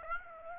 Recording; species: mosquito wingbeat signal from an infrared sensor; Aedes aegypti